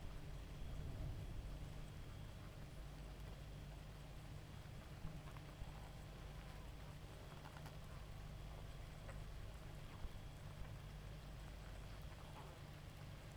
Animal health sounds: honeybee colony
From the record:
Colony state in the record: active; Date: 28 July 2017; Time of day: 1:54

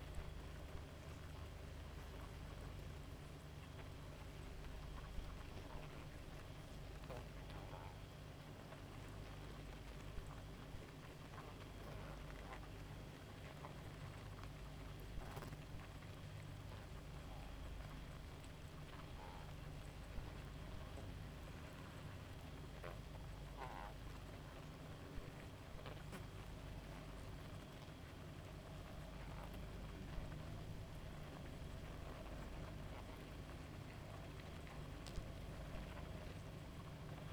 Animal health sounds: honeybee colony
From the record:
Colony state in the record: active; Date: 28 July 2017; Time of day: 0:36

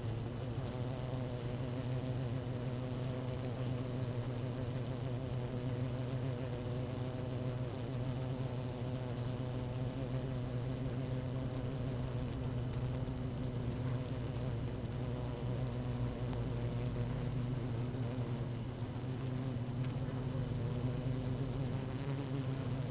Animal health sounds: honeybee colony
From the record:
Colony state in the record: active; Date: 12 June 2018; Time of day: 17:03

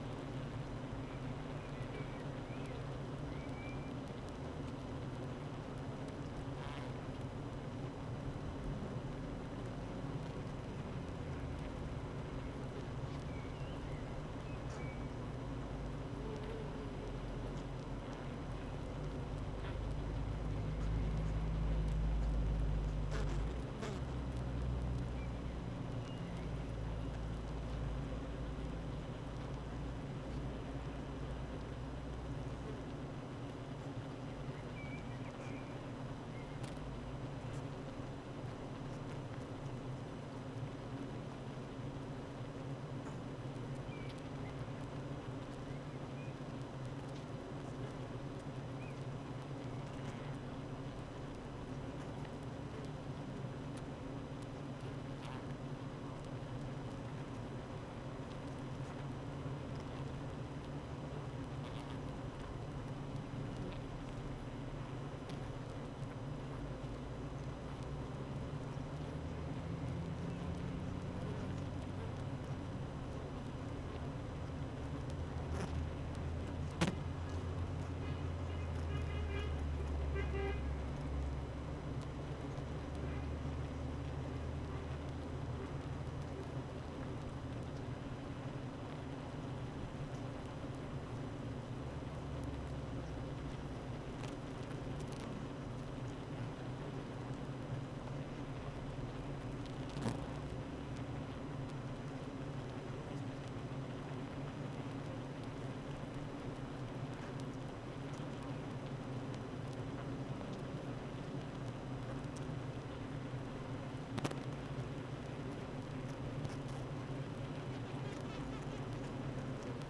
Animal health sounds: honeybee colony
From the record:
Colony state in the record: active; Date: 12 June 2018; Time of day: 8:41

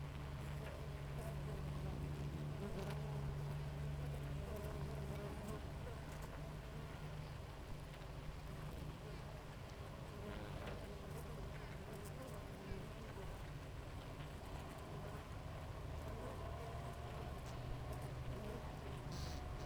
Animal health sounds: honeybee colony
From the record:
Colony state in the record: active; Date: 28 July 2017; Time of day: 6:28

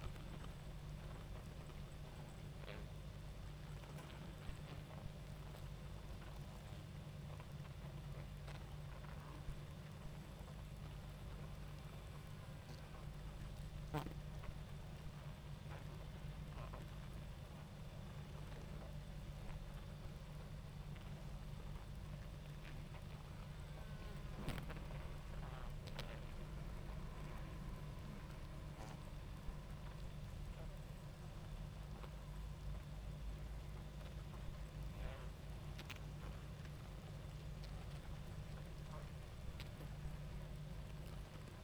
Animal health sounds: honeybee colony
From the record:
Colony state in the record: active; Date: 28 July 2017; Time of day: 21:55

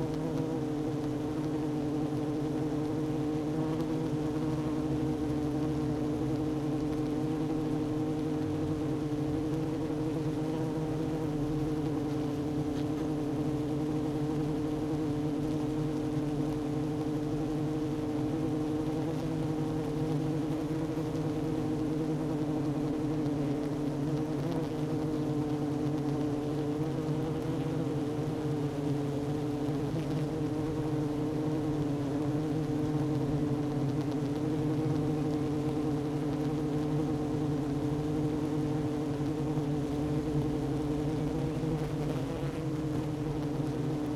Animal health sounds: honeybee colony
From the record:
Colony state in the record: active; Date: 12 June 2018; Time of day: 11:03

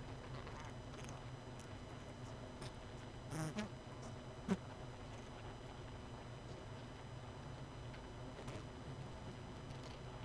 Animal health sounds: honeybee colony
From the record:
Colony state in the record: missing queen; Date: 31 May 2018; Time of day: 23:26

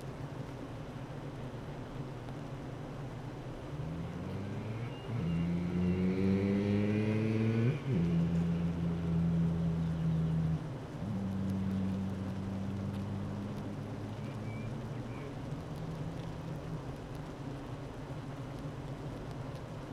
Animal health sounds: honeybee colony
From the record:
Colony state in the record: active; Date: 12 June 2018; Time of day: 9:05

